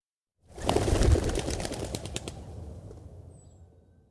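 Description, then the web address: Pigeons' wing flaps: a sudden loud clatter of rapid wingbeats bursts out, then thins and fades away over about three seconds as the birds lift off. Pigeons rising into flight. "Sound Effects-BBC Pigeons"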